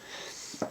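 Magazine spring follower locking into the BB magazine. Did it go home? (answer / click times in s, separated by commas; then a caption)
yes / 0.6 s. The spring follower of an Umarex XBG .177 caliber BB pistol magazine, reviewed alongside the T.A.C. Converter, is pushed all the way forward so it locks in place for loading. After a low, steady background, a single short, sharp click is heard at 0.6 s as the follower locks forward and seats.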